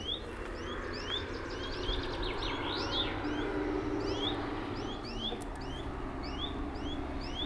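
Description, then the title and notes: Bird calls: repeated rising chirps from two birds, partly masked by loud broad engine noise from passing traffic. Two birds calling in competition, Buchet, Germany; a bus drives on the street to the west and a plane flies over the area. "Buchet, Deutschland - Vogelwettschreien. Birds battle. Zwei Vögel schreien um die Wette, auf der westlich gelegenen Straße fährt ein Bus, ein Flugzeug fliegt über das Gebiet"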